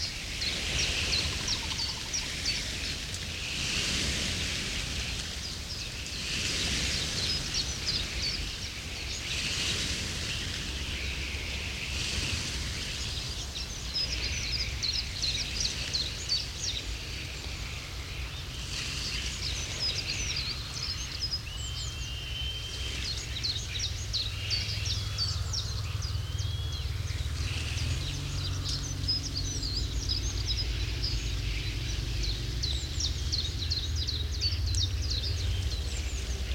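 Starlings chatter in a dense, steady mass of bright chirps and whistles, with a low rumble running underneath throughout.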